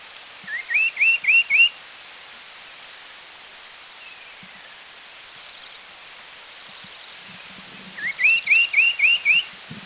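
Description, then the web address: Black-breasted parrotbill call: a short run of quick, upslurred whistles, given twice several seconds apart over steady background hiss. Recorded in India. "Sounds India other Black-breasted Parrotbill"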